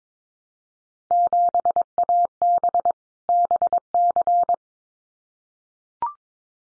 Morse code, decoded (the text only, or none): 7AB BC